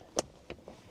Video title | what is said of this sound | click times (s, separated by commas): Van Upgrades That Actually Matter: Security, Service, Setup | It just snaps right in. | 0.2 s